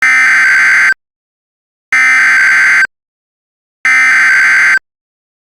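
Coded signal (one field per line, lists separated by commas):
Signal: Emergency Alert System (SAME) tones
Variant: header bursts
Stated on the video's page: Simulated mock severe thunderstorm warning.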